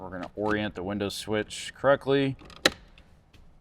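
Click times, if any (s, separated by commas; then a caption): 2.7 s. Someone talks while a window switch on a 2007–2018 Jeep Wrangler JK is oriented and pressed back into its plastic dash panel opening. A single sharp click at 2.7 s marks the switch popping into place, seated in the panel, followed by a couple of faint ticks.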